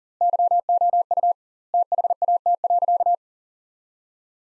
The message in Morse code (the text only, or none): YOU THAT.